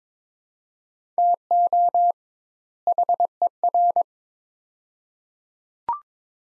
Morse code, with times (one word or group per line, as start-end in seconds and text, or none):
1.2-2.1 TO
2.9-4.0 HER